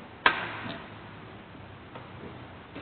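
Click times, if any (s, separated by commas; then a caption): 0.3 s. A fuel hose is pushed onto a motorcycle fuel injector, and its quick-connect coupling clicks sharply at 0.3 s, seating the coupling. A few faint knocks follow, the clearest near 2.0 s.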